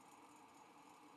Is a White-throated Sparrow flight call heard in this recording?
no